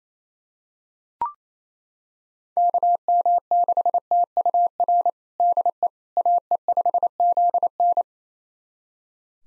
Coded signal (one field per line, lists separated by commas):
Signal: Morse code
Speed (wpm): 28 wpm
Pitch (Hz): 700 Hz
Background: none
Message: KM6TUR DE AE5ZN